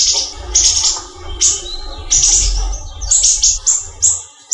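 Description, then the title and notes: Leafbird singing bright high warbles and short shrill note bursts separated by brief pauses, over low rumbling background noise. Local name cucak ijo, described as the small-leaf (daun kecil) type. "CCKIJDaunKecil. Cucak Ijo"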